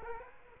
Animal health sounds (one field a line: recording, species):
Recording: mosquito wingbeat signal from an infrared sensor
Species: Culex quinquefasciatus